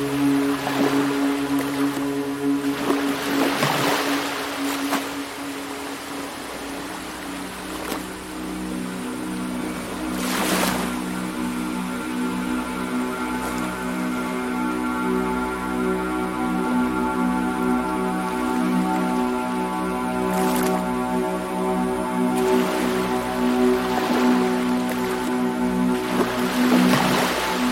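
Ambient music holds a steady, sustained drone of layered low and middle tones that barely changes. Ocean waves wash over it in hissing surges, around the first few seconds, near 10 and 20 seconds, and again toward the end.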